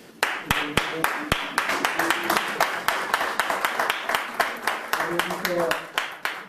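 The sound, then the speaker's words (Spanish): A crowd applauds steadily, many sharp overlapping claps forming a dense, continuous patter for several seconds, with voices faintly audible underneath. “Dejamos los aplausos para el final, de todas maneras, para mantener el tono de las declaraciones de cada uno.”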